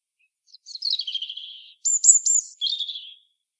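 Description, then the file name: European robin song: a trickling descending warble, then a very high rapid twittering burst and a final lower rippling phrase. "Erithacus rubecula"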